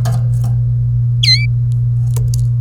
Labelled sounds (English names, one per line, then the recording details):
Domestic Canary song
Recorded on 30 April 2018 at 12:55
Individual llb3